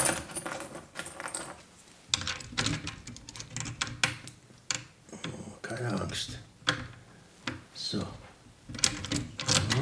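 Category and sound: household object, bunch of keys jangling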